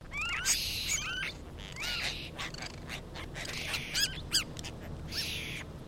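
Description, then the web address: Apostlebirds calling together, repeated upslurred rasping notes overlapping with harsh chattering bursts, several birds at once over a steady background hiss. A group of birds calling together. "Foundation Updates BIRD APOSTLE BIRD GROUP CALL"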